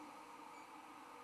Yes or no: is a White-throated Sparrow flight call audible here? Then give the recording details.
no. No flight call is heard. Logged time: 00:01 on 21 December 2014